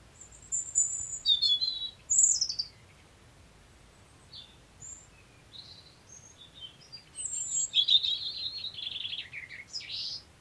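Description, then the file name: European robin song: high, thin warbled phrases with sweet whistles and fast twittering notes, in two bursts separated by a quieter pause. "Erithacus rubecula"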